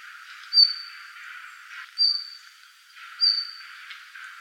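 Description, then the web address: Red-flanked bluetail call: three brief high whistled notes, each about a second and a half apart, against quiet background hiss. Recorded on 3 February 2015. "birdenaga ruribitaki"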